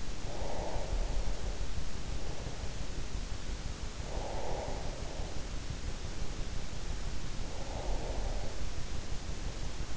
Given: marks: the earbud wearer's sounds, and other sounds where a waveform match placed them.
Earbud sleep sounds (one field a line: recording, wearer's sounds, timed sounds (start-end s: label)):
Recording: sounds in sleep by an in-ear microphone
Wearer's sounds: breath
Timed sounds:
0.00-1.94 s: breath
3.97-6.01 s: breath
7.37-8.89 s: breath